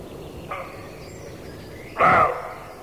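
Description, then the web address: Roe deer barks: a faint rough bark, then about one and a half seconds later a much louder, harsh bark. Male roe deer (roebuck). "toulky srnec"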